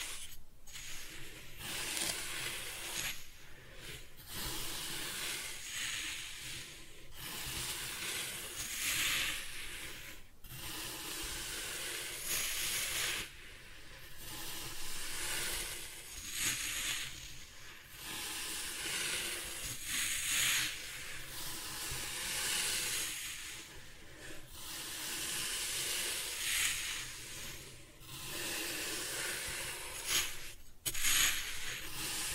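Kinetic sand is cut and scooped in a steady run of soft, grainy rustling and hissing, bright and dense throughout. Each stroke lasts a few seconds, broken by brief silent gaps every two to four seconds, with a few crisper scrapes near the end.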